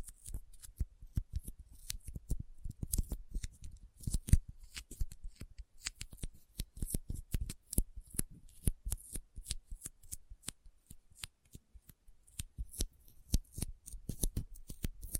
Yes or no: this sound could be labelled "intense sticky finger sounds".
yes